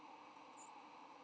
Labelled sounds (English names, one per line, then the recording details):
White-throated Sparrow flight call
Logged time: 06:58 on 8 November 2014